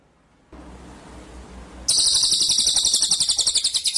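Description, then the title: White-rumped shama song: after a stretch of low rumbling noise, a fast, high, buzzy trill bursts in and rolls on steadily to the end. Masteran (training) song with full rolling trills (ngerol) and sharp shooting notes (nembak). "Masteran Murai Batu Full Ngerol Nembak"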